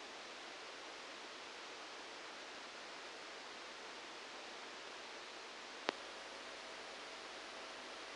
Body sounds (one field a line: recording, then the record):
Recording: brain microelectrode recording played as sound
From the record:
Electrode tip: outside the subthalamic nucleus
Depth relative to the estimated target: -8 mm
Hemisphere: right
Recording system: NeuroSet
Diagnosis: Parkinson's disease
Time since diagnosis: 9 years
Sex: male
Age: 56 years